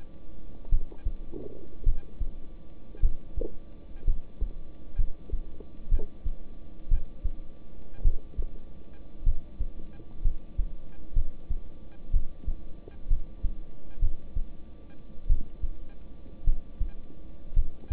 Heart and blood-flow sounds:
heart sounds by stethoscope; between the tricuspid and mitral areas; 57 bpm
0.69 s: heartbeat
1.84 s: heartbeat
3.00 s: heartbeat
4.05 s: heartbeat
4.96 s: heartbeat
5.89 s: heartbeat
6.89 s: heartbeat
8.02 s: heartbeat
9.24 s: heartbeat
10.22 s: heartbeat
11.14 s: heartbeat
12.11 s: heartbeat
13.08 s: heartbeat
14.00 s: heartbeat
15.27 s: heartbeat
16.44 s: heartbeat
17.54 s: heartbeat
From the record:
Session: rest, lying down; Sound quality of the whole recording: good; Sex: male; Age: 26 years

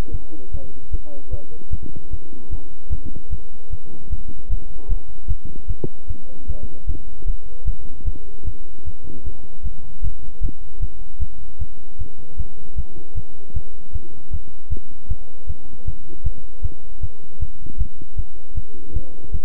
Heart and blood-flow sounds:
heart sounds by stethoscope; between the tricuspid and mitral areas; 153 bpm
0.12 s: heartbeat
0.52 s: heartbeat
0.92 s: heartbeat
1.31 s: heartbeat
1.71 s: heartbeat
2.11 s: heartbeat
2.51 s: heartbeat
2.90 s: heartbeat
3.31 s: heartbeat
3.71 s: heartbeat
4.10 s: heartbeat
4.49 s: heartbeat
4.89 s: heartbeat
5.28 s: heartbeat
5.68 s: heartbeat
6.08 s: heartbeat
6.48 s: heartbeat
6.87 s: heartbeat
7.26 s: heartbeat
7.65 s: heartbeat
8.05 s: heartbeat
8.45 s: heartbeat
8.85 s: heartbeat
9.25 s: heartbeat
9.63 s: heartbeat
10.02 s: heartbeat
10.41 s: heartbeat
10.80 s: heartbeat
11.20 s: heartbeat
11.59 s: heartbeat
11.99 s: heartbeat
12.38 s: heartbeat
12.76 s: heartbeat
13.15 s: heartbeat
13.54 s: heartbeat
13.93 s: heartbeat
14.31 s: heartbeat
14.70 s: heartbeat
15.09 s: heartbeat
15.47 s: heartbeat
15.86 s: heartbeat
16.24 s: heartbeat
16.62 s: heartbeat
17.01 s: heartbeat
17.40 s: heartbeat
17.78 s: heartbeat
18.17 s: heartbeat
18.55 s: heartbeat
18.94 s: heartbeat
19.32 s: heartbeat
From the record:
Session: bicycle stress test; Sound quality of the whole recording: good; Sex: male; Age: 23 years

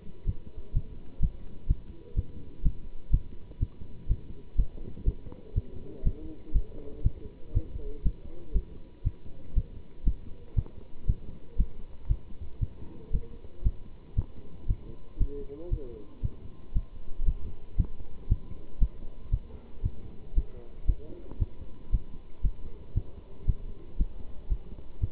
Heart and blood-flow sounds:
heart sounds by stethoscope; between the tricuspid and mitral areas; 119 bpm
0.25 s: heartbeat
0.73 s: heartbeat
1.20 s: heartbeat
1.67 s: heartbeat
2.15 s: heartbeat
2.63 s: heartbeat
3.11 s: heartbeat
3.59 s: heartbeat
4.08 s: heartbeat
4.56 s: heartbeat
5.05 s: heartbeat
5.54 s: heartbeat
6.03 s: heartbeat
6.52 s: heartbeat
7.03 s: heartbeat
7.53 s: heartbeat
8.03 s: heartbeat
8.53 s: heartbeat
9.03 s: heartbeat
9.54 s: heartbeat
10.04 s: heartbeat
10.55 s: heartbeat
11.06 s: heartbeat
11.56 s: heartbeat
12.07 s: heartbeat
12.59 s: heartbeat
13.11 s: heartbeat
13.63 s: heartbeat
14.15 s: heartbeat
14.67 s: heartbeat
15.18 s: heartbeat
15.70 s: heartbeat
16.22 s: heartbeat
16.73 s: heartbeat
17.25 s: heartbeat
17.76 s: heartbeat
18.28 s: heartbeat
18.79 s: heartbeat
19.30 s: heartbeat
19.82 s: heartbeat
20.34 s: heartbeat
20.86 s: heartbeat
21.38 s: heartbeat
21.91 s: heartbeat
22.42 s: heartbeat
22.94 s: heartbeat
23.46 s: heartbeat
23.97 s: heartbeat
24.48 s: heartbeat
25.00 s: heartbeat
From the record:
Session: pedaling a stationary bicycle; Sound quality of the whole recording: good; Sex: male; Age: 27 years

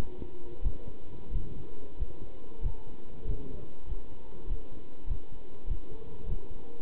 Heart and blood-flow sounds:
heart sounds by stethoscope; between the tricuspid and mitral areas; 96 bpm
0.63 s: heartbeat
1.32 s: heartbeat
1.98 s: heartbeat
2.62 s: heartbeat
3.26 s: heartbeat
3.87 s: heartbeat
4.48 s: heartbeat
5.08 s: heartbeat
5.68 s: heartbeat
6.27 s: heartbeat
From the record:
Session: pedaling a stationary bicycle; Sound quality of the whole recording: good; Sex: male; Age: 27 years

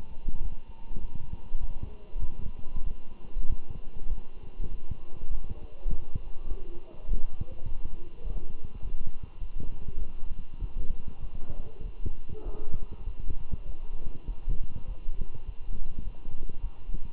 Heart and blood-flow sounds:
heart sounds by stethoscope; between the tricuspid and mitral areas; 100 bpm
0.42 s: heartbeat
1.00 s: heartbeat
1.60 s: heartbeat
2.21 s: heartbeat
2.84 s: heartbeat
3.48 s: heartbeat
4.09 s: heartbeat
4.70 s: heartbeat
5.30 s: heartbeat
5.89 s: heartbeat
6.48 s: heartbeat
7.07 s: heartbeat
7.65 s: heartbeat
8.23 s: heartbeat
8.82 s: heartbeat
9.40 s: heartbeat
9.99 s: heartbeat
10.61 s: heartbeat
11.21 s: heartbeat
11.83 s: heartbeat
12.45 s: heartbeat
13.05 s: heartbeat
13.66 s: heartbeat
14.27 s: heartbeat
14.87 s: heartbeat
15.46 s: heartbeat
16.04 s: heartbeat
16.62 s: heartbeat
From the record:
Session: walking at 3.7 km/h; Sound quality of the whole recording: good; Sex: male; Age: 24 years

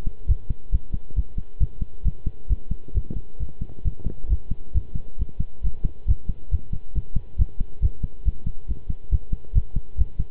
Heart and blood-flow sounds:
heart sounds by stethoscope; between the tricuspid and mitral areas; 136 bpm
0.28 s: heartbeat
0.72 s: heartbeat
1.16 s: heartbeat
1.60 s: heartbeat
2.05 s: heartbeat
2.50 s: heartbeat
2.95 s: heartbeat
3.40 s: heartbeat
3.85 s: heartbeat
4.30 s: heartbeat
4.74 s: heartbeat
5.19 s: heartbeat
5.63 s: heartbeat
6.08 s: heartbeat
6.51 s: heartbeat
6.95 s: heartbeat
7.38 s: heartbeat
7.82 s: heartbeat
8.25 s: heartbeat
8.68 s: heartbeat
9.11 s: heartbeat
9.55 s: heartbeat
9.98 s: heartbeat
From the record:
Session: pedaling a stationary bicycle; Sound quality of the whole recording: good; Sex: male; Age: 23 years

